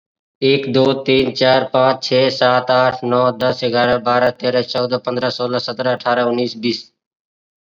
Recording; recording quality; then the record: counting at a fast pace; excellent, no background noise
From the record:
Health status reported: COVID-19 positive, mild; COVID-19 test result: positive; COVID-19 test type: rapid antigen test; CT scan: not taken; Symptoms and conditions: cough, cold, fever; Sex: male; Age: 23 years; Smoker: no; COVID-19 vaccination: both doses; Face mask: worn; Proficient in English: yes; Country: India